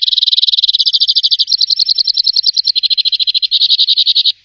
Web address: chant jean roche bec-croise bifascie